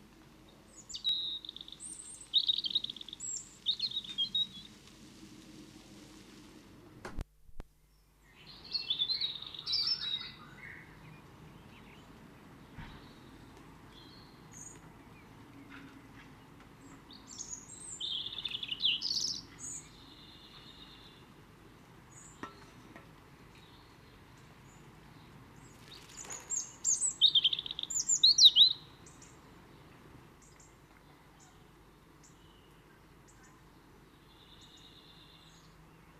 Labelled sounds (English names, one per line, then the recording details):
European Robin song
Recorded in the wild
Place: Kaiserslautern, Rheinland-Pfalz, DE
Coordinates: 49.4247, 7.77889
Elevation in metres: 279
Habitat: garden
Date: 1981-06-10
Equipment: Nagra IV
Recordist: Tretzel, Erwin
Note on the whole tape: Aufnahme Juni 1981, Garten, Kaiserslautern: Gesang